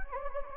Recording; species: mosquito wingbeat signal from an infrared sensor; Anopheles gambiae